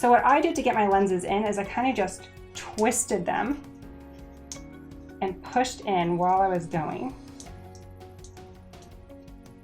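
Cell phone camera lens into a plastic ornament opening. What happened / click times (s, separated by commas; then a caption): The lens is being twisted and pushed but has not yet seated / none. A clip-on cell phone camera lens is twisted and pushed into an opening in a plastic ornament while someone talks over background music. A few small handling knocks follow, but the clip ends before the lens goes home, and nothing has snapped into place yet.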